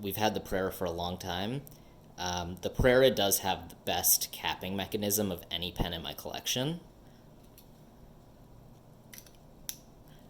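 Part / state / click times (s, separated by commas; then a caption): snap cap onto fountain pen body / seated / 9.7 s. Someone talks for the first seven seconds. Then a snap cap is pushed onto the plastic body of a Prera fountain pen, with pressure building as the cap goes on, and a few faint handling taps come just after 9 seconds. The cap seats with a sharp, satisfying click at 9.7 s.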